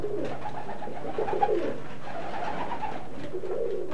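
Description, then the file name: Tumbler pigeons cooing in low, throaty rolls almost without a break. Alfred Baldia with his tumbler pigeons, in 1984. "Baldia Alfred mit seinen Tümmler Tauben im Jahre 1984"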